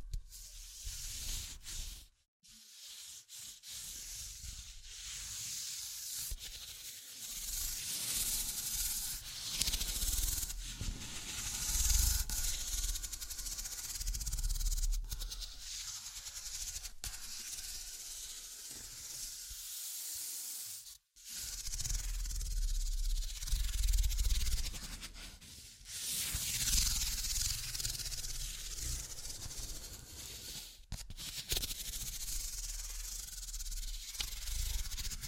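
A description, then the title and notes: Scratching and tracing: a steady, dense rubbing hiss, bright and airy, that swells and eases in long strokes. The sound drops out briefly near 2 seconds and again near 21 seconds, then resumes with the same coarse, sanding texture to the end. Tapping, Scratching, Tracing and Panning.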